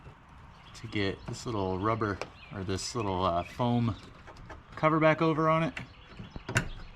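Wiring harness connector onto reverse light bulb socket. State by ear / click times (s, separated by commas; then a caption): seated / 6.6 s. Someone talks while refitting a foam cover over the LED reverse light bulb socket of a 2011-2017 Honda Odyssey, then pushes the plastic wiring harness connector onto the socket. A sharp snap is heard at 6.6 s as the connector seats in place.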